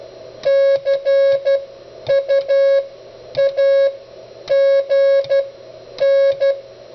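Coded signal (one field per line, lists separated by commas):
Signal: Morse code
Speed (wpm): 12 wpm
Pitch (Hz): 550 Hz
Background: music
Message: CUAGN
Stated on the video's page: CW from the Begali CW Machine, a full-function keyer and CW trainer, shown with its autologging function.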